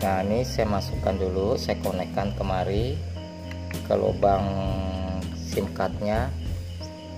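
A SIM card is being handled at the SIM card slot of a Bolt BL400 portable modem, with music playing underneath while someone talks. Two faint taps are heard around 3.5 and 3.7 seconds, but the card has not seated or clicked into the slot yet.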